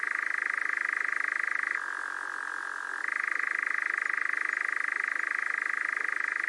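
Nightjar churr, a continuous whirring trill that drops to a lower, softer pitch for about a second in the middle, then resumes its higher level.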